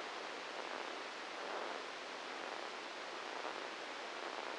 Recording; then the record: brain microelectrode recording played as sound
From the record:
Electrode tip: inside the subthalamic nucleus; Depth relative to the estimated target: 0 mm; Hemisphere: right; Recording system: NeuroSet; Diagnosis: Parkinson's disease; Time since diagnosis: 8 years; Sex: male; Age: 59 years